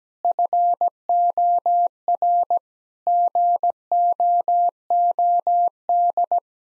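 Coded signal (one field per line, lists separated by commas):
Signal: Morse code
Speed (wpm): 17 wpm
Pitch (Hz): 700 Hz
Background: none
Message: FOR GOOD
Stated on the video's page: Morse practice sentences at 17 wpm with contextual hints.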